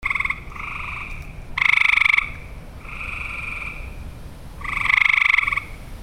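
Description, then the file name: Frog chorus of short, rasping pulsed trills from several callers, with two louder bursts rising above quieter ones. Recorded in Olivet, Michigan, on 6 June 2008. "olivet mi-frogs-20080606"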